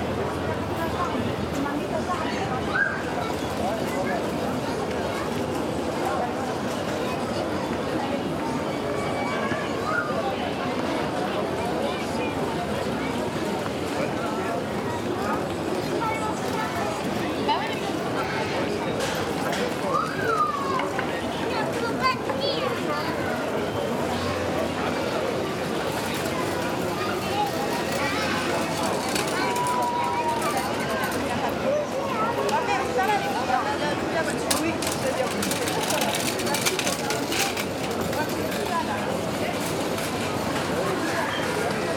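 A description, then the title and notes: Cafe chatter fills the whole stretch, a dense, steady murmur of many overlapping voices with no single speaker standing out. The level stays even throughout, with occasional brief clinks and short brighter sounds around 20, 30 and 36 seconds. Cafe Chatting Sounds.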